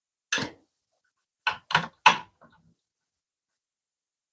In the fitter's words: Right, that didn't click in.